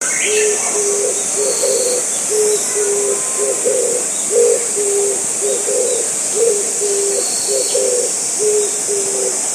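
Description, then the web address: Oriental turtle dove cooing in a steady, low, rhythmic phrase repeated over and over, set against a constant high shrill drone. "izumino saunndo kizibato"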